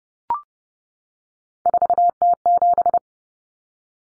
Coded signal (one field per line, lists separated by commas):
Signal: Morse code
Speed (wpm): 30 wpm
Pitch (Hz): 700 Hz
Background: none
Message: 4T7